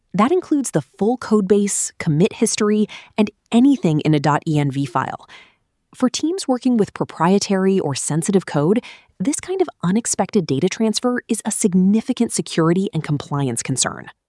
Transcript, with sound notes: That includes the full codebase, commit history, and anything in a .env file. [with emphasis] For teams working with proprietary or sensitive code, this kind of unexpected data transfer is a significant security and compliance concern.